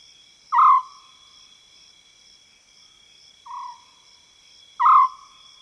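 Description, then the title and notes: African scops owl repeating a short purring note three times, the middle one softer, against a steady background of trilling insects. Wild African scops owl in South Luangwa savanna woodland. "African Scops Owl In The Savanna. the call of the African scops owl, recorded in the wild expanse that is the South Luangwa savanna woodland"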